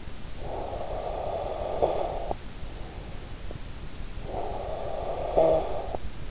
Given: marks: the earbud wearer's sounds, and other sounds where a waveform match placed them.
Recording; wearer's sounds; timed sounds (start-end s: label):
sounds in sleep by an in-ear microphone; snoring breath
0.41-2.43 s: snoring breath
4.05-6.26 s: snoring breath